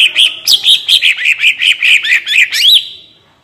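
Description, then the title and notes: Greater green leafbird singing a quick run of about a dozen clicking, chirping notes at a steady mid-high pitch, ending on a sharp upward flourish. Master recording for training captive cucak ijo; bird singing gacor and melodious (merdu), in ngentrok style with raised crest (jambul nembak). "Cucak Ijo Gacor Ngentrok Jambul Nembak. suara burung cucak ijo gacor, merdu cocok buat masteran burung cucak ijo"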